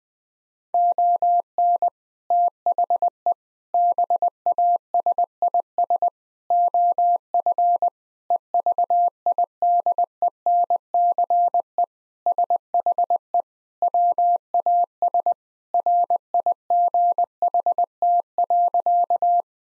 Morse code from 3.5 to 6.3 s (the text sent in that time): BASIS